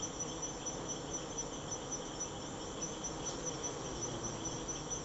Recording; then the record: honeybee defence experiment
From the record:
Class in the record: attack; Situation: Africanized honeybees under attack by Camponotus atriceps ants